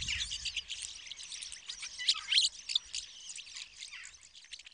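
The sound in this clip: Rosy starling song: dense grating chatter with quick squeaks and rattles, a few sharper high notes in the middle, fading slightly at the end.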